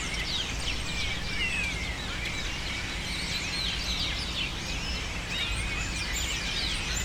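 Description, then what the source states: Birds in a noisy chorus, shrill squeals and rising and falling shrieks overlapping continuously over a constant low hum. Birds taking refuge in cypresses in the recordist's city, screaming without stopping, especially in the afternoon.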